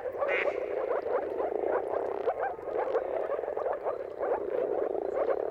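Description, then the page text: Moor frogs in a thick chorus of soft, gulping notes, with a brief higher call near the start. Mating chorus of many moor frogs at sunrise, turn of March and April, timing depending on the weather. "Dawn’s Chorus: Mating Calls of Marsh Frogs at Sunrise. Depending on the weather at the turn of March and April, you can witness an amazing spectacle of moor frogs. Jakub Orzecki. earth.fm"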